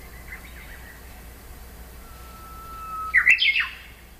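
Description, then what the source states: Japanese bush warbler song: a long, faint, steady whistle, then a loud, quick, warbled flourish jumping higher at the end. Steady background hiss. Dated April 2011.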